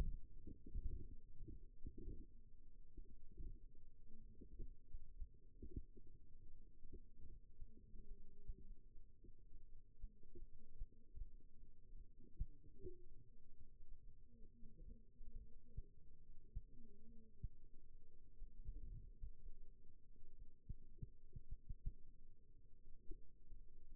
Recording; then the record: forearm muscle sounds (acoustic myography)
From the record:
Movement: rest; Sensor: system 2, bracelet of six BSWA MPA416 microphones around the upper forearm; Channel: 4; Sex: male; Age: 22 years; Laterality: right